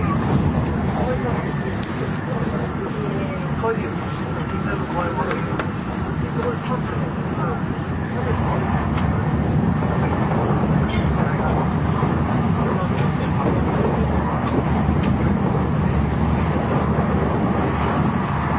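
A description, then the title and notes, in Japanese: Inside a JR 700 series Shinkansen running from Kyoto to Shin-Yokohama, a steady low rumble and hiss of the moving train fills the recording without pause. Faint murmuring voices sit beneath it, with occasional soft clicks, and the rumble grows slightly louder after about eight seconds. JRN700系 京都〜新横浜。ひかり530号に乗車し、録音しました。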